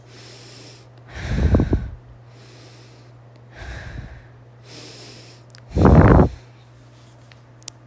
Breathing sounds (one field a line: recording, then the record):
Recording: deep breathing after running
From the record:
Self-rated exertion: light exertion (2 of 6)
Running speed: 5 miles an hour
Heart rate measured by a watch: 86 beats a minute at the start, 85 at the end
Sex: female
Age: 30 years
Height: 160 cm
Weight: 51 kg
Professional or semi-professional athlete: no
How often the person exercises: 3 to 5 times a week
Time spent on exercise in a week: over 5 hours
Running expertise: no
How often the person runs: 3 to 5 times a week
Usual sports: running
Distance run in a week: 60 km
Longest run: 42 km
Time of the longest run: 267 minutes